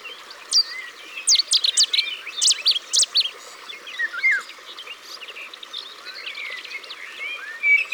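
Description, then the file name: Cetti's warbler song: an abrupt run of emphatic, high-pitched notes fired rapidly, then quieter scattered chirps. Recorded by the water. "Bouscarle de Cetti Au bord de leau"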